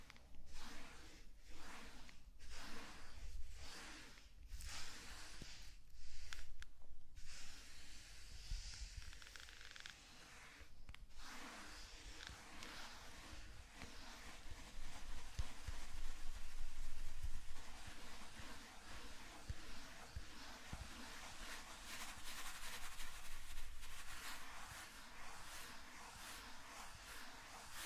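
Zen garden sand being brushed and crinkled, a steady grainy hiss that runs throughout. Early on, about ten sharp taps come at fairly regular intervals through the first eleven seconds, then the brushing turns denser and rougher, swelling in waves to the end.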